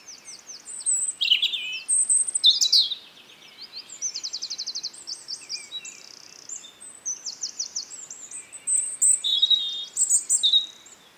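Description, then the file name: European robin song in several short bursts separated by brief pauses: thin high whistles, sharp slurred notes and fast rattling trills, with faint background hiss. "Erithacus rubecula"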